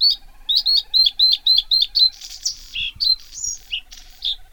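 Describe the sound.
Bluethroat song with a rapid run of sharp high notes flowing into a varied jumble of buzzy, grating and whistled phrases.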